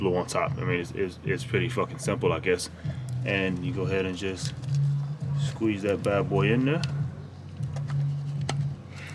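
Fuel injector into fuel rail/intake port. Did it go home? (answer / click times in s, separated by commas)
yes / 8.5 s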